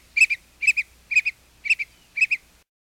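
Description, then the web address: Northern mockingbird repeating one crisp double-noted phrase five times, about every half second, on a steady pitch. "101 Bird Songs. Mockingbird"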